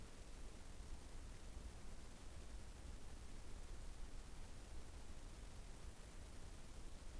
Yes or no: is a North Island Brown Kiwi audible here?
no